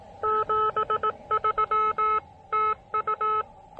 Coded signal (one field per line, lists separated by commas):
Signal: Morse code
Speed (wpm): 18 wpm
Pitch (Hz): 1290 Hz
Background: none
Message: 73 TU